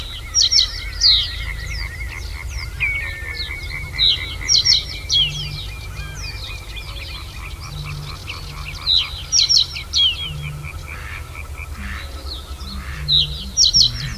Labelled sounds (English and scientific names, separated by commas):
Reed Bunting (Emberiza schoeniclus)